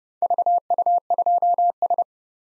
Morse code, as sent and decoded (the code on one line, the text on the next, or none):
...- ..- ..--- ...
VU2S